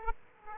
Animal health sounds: mosquito wingbeat signal from an infrared sensor; Aedes aegypti

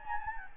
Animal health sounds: mosquito wingbeat signal from an infrared sensor; Anopheles gambiae

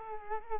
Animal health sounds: mosquito wingbeat signal from an infrared sensor; Culex quinquefasciatus

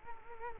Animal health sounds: mosquito wingbeat signal from an infrared sensor; Culex quinquefasciatus

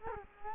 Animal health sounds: mosquito wingbeat signal from an infrared sensor; Culex quinquefasciatus

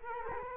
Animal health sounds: mosquito wingbeat signal from an infrared sensor; Culex quinquefasciatus

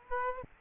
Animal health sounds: mosquito wingbeat signal from an infrared sensor; Aedes aegypti

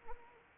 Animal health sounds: mosquito wingbeat signal from an infrared sensor; Anopheles arabiensis

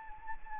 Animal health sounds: mosquito wingbeat signal from an infrared sensor; Anopheles arabiensis

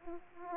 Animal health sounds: mosquito wingbeat signal from an infrared sensor; Aedes aegypti

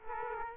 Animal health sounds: mosquito wingbeat signal from an infrared sensor; Aedes aegypti

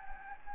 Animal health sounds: mosquito wingbeat signal from an infrared sensor; Anopheles gambiae

